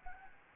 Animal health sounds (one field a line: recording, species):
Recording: mosquito wingbeat signal from an infrared sensor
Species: Anopheles gambiae